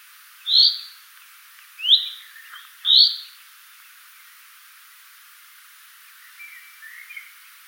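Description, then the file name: Common chaffinch giving three short bright call notes about a second apart, followed by quiet faint chirps. "Fringilla coelebs"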